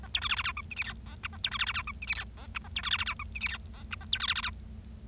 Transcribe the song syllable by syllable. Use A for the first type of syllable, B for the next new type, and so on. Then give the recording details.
A B C D D E F G H I J K A B C D D E F G H I J K A B C D D E F G H I J K A B C D D E. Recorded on 25 March 2012 at 10:15. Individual gy6or6